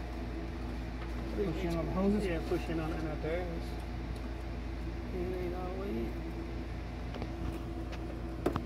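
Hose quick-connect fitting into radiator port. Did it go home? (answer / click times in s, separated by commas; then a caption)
yes / 8.6 s. While a radiator is being installed on a GM 3800 Series engine, a hose quick-connect fitting is pushed all the way into the radiator port as someone talks over a steady low hum. A sharp snap at 8.6 s marks the fitting seating in the port.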